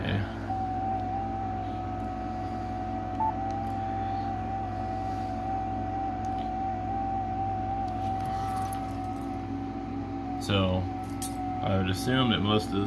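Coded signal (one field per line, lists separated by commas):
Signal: FT8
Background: speech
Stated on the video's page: FT8 DX contact made with a Yaesu FT-891.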